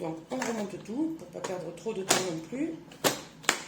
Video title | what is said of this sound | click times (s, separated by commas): Recette Tarte aux Fruits Rouges au Parfum d'orange dans le Moule rectangle Tupperware | là c'est enclenché. | 3.5 s